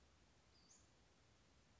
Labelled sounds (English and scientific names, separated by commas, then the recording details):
Western Flycatcher (Empidonax difficilis)
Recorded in Sonoma County, California